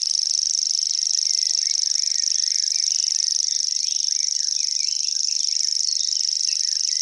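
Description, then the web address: Common grasshopper warbler reeling: a steady, high, insect-like trill held unbroken throughout, with faint chirps from other birds underneath. "fuglelyder gresshoppesanger"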